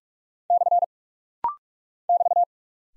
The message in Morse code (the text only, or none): / <BT>